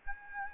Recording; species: mosquito wingbeat signal from an infrared sensor; Aedes albopictus